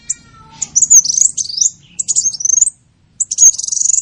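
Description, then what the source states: Sunbird song: high, thin sweeping notes and rapid chattering trills in bursts, with a brief pause before a final rising trilled phrase. Sunbird in full song (gacor), with fill-in phrases (isian) copied from the cililin and the canary.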